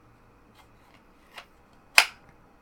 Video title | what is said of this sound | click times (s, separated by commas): Kydex Retention | you hear like that just really nice definitive snap but | 2.0 s